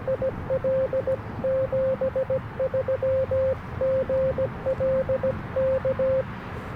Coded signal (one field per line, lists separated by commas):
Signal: Morse code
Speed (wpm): 17 wpm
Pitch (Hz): 530 Hz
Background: radio noise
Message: IL 73 GL K